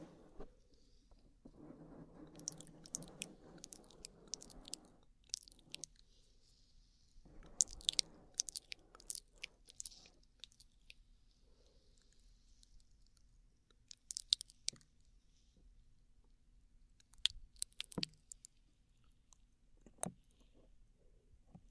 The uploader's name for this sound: Intense Mouth Sounds